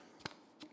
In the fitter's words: there we go turn it and it locks into place super super nice